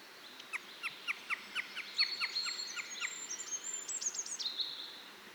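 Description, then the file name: Eurasian jay with a quick run of harsh clicking notes, followed by a high squeaky, whistled note near the end. "Garrulus glandarius"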